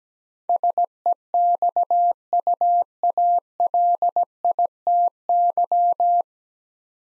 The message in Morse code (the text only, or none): SEXUALITY